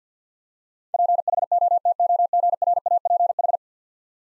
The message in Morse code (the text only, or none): PHOTOGRAPH